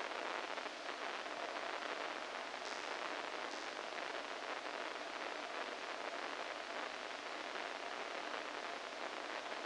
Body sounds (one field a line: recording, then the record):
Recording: brain microelectrode recording played as sound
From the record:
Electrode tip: inside the subthalamic nucleus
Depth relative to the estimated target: -4 mm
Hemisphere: right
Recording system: NeuroSet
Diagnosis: Parkinson's disease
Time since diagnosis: 14 years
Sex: male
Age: 51 years